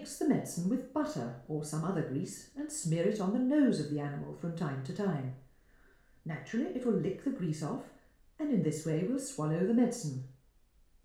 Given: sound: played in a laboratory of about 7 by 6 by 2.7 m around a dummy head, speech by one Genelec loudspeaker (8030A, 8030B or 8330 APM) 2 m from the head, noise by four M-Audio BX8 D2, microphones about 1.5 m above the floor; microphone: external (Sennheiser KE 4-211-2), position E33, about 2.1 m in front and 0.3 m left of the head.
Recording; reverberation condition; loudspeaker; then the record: female speech in English; medium; 30 degrees to the left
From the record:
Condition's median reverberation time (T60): about 510 ms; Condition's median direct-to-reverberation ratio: about -0.5 dB